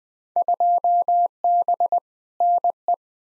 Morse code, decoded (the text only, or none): 2B NE